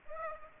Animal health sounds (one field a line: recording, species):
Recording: mosquito wingbeat signal from an infrared sensor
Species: Aedes aegypti